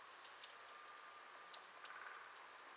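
European robin giving three sharp high ticks in quick succession, then a thin high whistle and a falling slurred note, against soft hiss.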